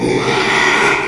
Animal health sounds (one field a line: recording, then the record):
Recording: squeal of a Yucatan mini pig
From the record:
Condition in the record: after surgery on the right vocal fold (resection and tissue-engineered implant)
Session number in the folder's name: 1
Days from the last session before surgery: 6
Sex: male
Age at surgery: 12 weeks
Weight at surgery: 13 kg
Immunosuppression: cyclosporine, prednisolone